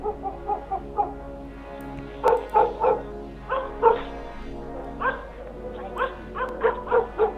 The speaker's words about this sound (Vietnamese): Các vị thầy pháp và một số người liên tục dẫn chó đen đi quanh xóm. Đang ngồi trong nhà, tôi bất chợt nghe tiếng chó sủa ầm ĩ.